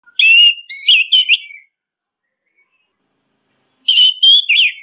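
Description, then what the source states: Orange-headed thrush giving a varied warbled phrase of sweet whistles, then a pause of over two seconds before another phrase starts; quiet background. Masteran (training) song.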